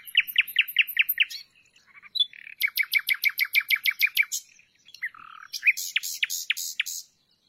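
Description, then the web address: Common nightingale song: a fast run of repeated sharp notes, a longer series of repeated notes, a short low churr and a final series of loud notes. "nachtigall"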